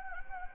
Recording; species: mosquito wingbeat signal from an infrared sensor; Anopheles gambiae